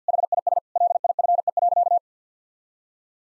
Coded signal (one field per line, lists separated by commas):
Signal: Morse code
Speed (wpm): 50 wpm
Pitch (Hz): 700 Hz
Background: none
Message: HIS LIFE.